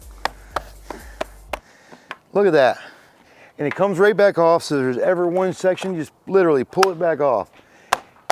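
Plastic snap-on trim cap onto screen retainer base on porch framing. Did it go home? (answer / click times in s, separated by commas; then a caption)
yes / 7.9 s, 8.3 s. A plastic snap-on trim cap section is pressed back onto a screen retainer base on porch framing, after a run of sharp taps and a stretch of someone talking. The cap clicks into place with two sharp hits at 7.9 s and 8.3 s and is seated.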